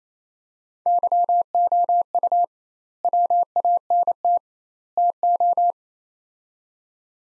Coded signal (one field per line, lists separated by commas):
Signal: Morse code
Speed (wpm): 28 wpm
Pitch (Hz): 700 Hz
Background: none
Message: YOU WANT TO